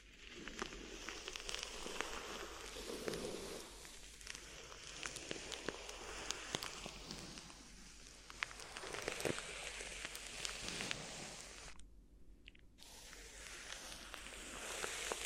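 Crinkly ear massage sounds: a dense, steady rustle of crackling and crumpling, scattered with sharp little snaps throughout. The texture swells and eases in waves, and near the twelfth second it drops almost to silence for about a second before the crinkling resumes.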